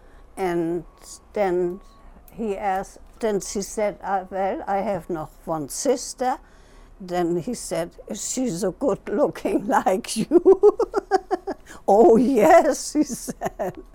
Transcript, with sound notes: And then he asked — and then she said, "Well, I have one sister." Then he said, "She's a good liking lie you?" [Laughs] "Oh, yes," she said.